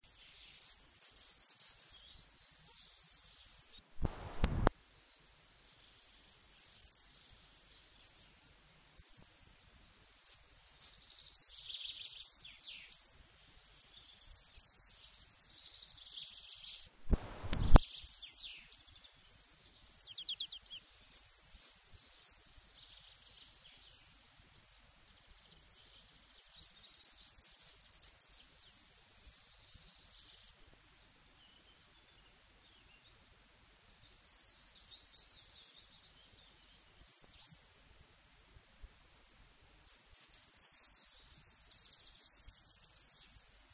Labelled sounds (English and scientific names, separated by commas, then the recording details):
Short-toed Treecreeper (Certhia brachydactyla)
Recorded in the wild
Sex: male
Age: adult
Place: Effeltrich, Bayern, DE
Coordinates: 49.6603, 11.0908
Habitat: hedge
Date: 1966-05-01
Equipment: Vollspur
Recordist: Tretzel, Erwin